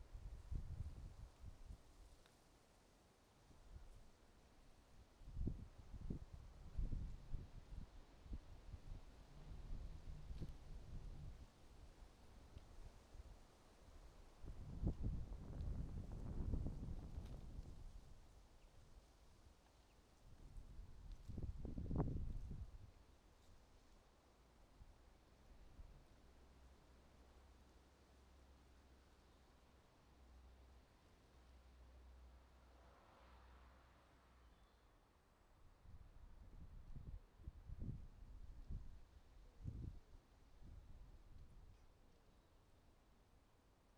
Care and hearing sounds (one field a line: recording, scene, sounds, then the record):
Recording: everyday scene through a hearing-aid microphone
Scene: wind on the microphone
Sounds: wind, traffic, birds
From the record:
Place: suburban garden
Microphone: in the ear canal, right